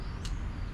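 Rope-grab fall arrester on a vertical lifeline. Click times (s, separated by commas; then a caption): 0.2 s. A locked rope-grab fall arrester on a vertical lifeline is pushed against the rope and slid upward, giving a short, bright click at about 0.3 s over a steady low rumble. The click frees the arrester from its lock, leaving it released.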